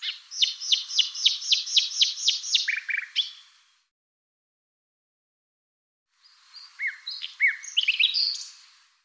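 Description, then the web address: Bird song: a fast series of about ten sharply descending chirped notes, a short buzzy flourish, then silence before a second jumbled phrase of chirps and whistles. "cianscape birddata Deverinetal 2025"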